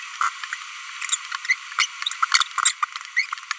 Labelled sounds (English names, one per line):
Green-rumped Parrotlet babbling